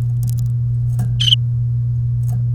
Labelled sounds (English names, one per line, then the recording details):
Domestic Canary song
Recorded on 3 May 2018 at 08:40
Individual llb3